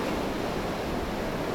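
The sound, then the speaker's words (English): A steady, full rush of surf, ocean waves washing onto a sandy beach in a continuous hiss and roar with no break in loudness. No voices are heard. “But you got sand, and you got the ocean, and you got the stallion, and somehow or other we'll do something with it.”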